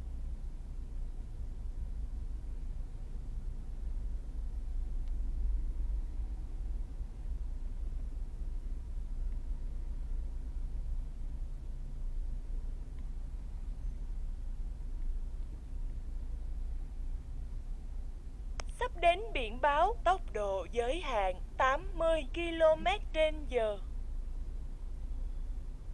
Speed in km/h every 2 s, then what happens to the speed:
13, 13, 13, 14, 13, 13, 14, 13, 11, 9, 4, 0, 0.
0-15 steady at about 13. 15-22 slows to 0. 22-26 standing.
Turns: none.